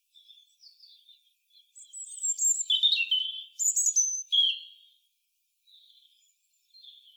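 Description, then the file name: European robin song: thin, high warbled phrases mixing sweet whistles and trills, a quiet start building to louder tumbling bursts, then soft notes after a short pause. "Erithacus rubecula"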